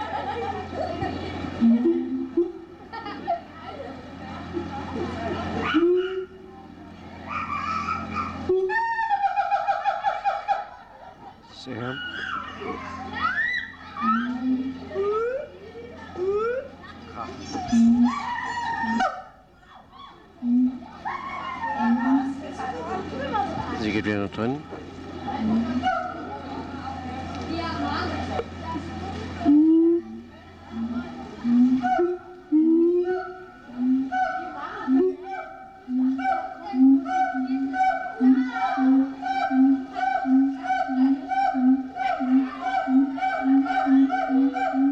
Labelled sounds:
Siamang

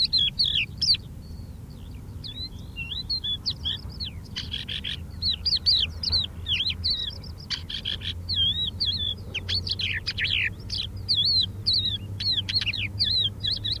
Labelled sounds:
Crested Lark song

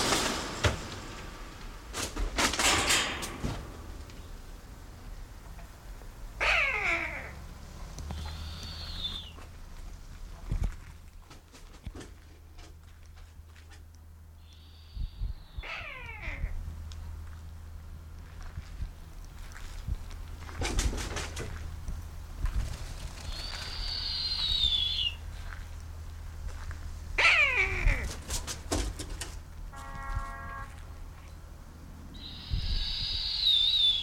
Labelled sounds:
Long-legged Buzzard

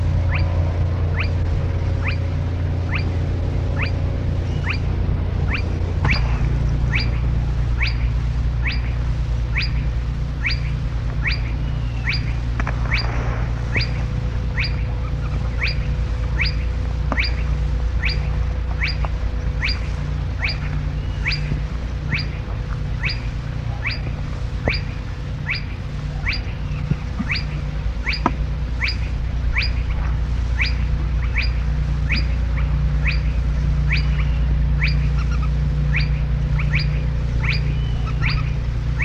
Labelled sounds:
Spotted Crake

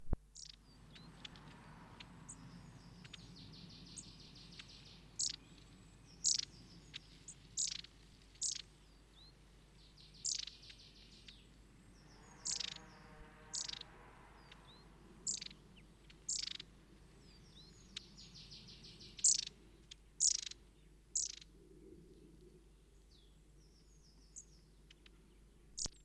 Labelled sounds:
Long-tailed Tit call

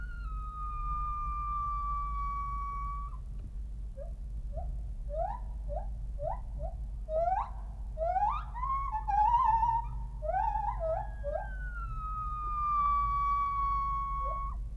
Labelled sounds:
Northern White-cheeked Gibbon

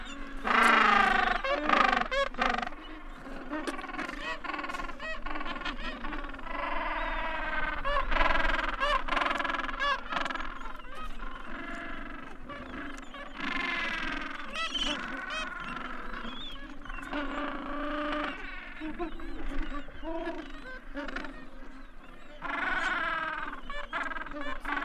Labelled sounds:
Gentoo Penguin call

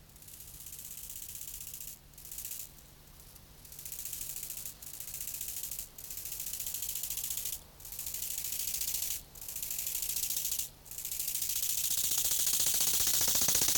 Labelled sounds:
Bow-winged Grasshopper stridulation

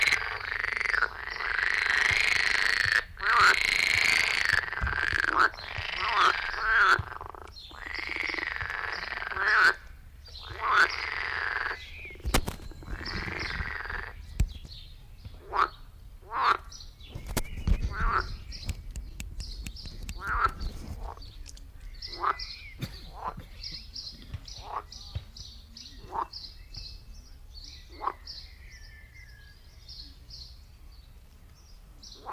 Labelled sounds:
Edible Frog call

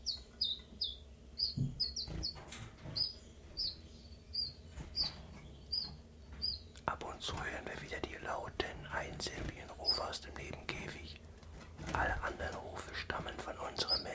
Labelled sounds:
Common Chiffchaff

